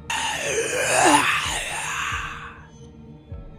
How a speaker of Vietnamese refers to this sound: Nhưng trong khoảng thời gian yên tĩnh ngắn ngủi đó, một tiếng thở dài khiến cho đám người rùng mình đột nhiên xuất hiện và quanh quẩn trong phòng khách. Nó giống như là âm thanh do thi thể phát ra, lại giống như là tiếng gào thét từ trong khói đặc,